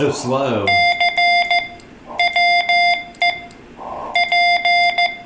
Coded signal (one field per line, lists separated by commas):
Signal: Morse code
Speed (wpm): 14 wpm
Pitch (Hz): 2100 Hz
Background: speech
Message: C WE P